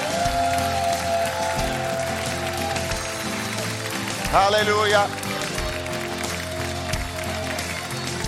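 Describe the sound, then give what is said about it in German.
An audience at a church service claps steadily for Jesus in honour of all the mothers, a dense, continuous wash of applause lasting the whole clip, while a man briefly calls out over it partway through. “Komm, geben wir mal Jesus einen kräftigen Applaus für all die Mütter.”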